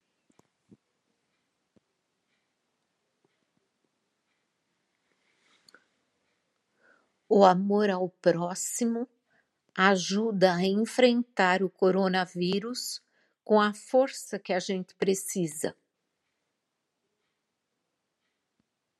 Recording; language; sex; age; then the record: spoken sentence; Brazilian Portuguese; female; 60 to 69 years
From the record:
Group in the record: control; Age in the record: 66 years